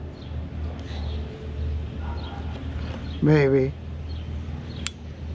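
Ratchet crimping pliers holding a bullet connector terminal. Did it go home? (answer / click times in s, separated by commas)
yes / 4.9 s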